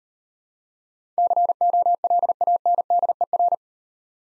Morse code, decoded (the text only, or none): COLANDER